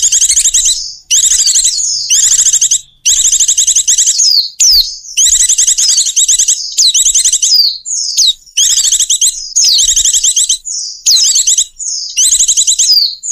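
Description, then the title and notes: Bird calls: long sequence of shrill, fast trilled bursts, repeated with short gaps and occasional falling whistles. Bird lure sounds used to attract stubborn, hard-to-approach birds. "Suara Burung Bandel Yang Susah Mendekati. Kompilasi Suara Pikat Burung"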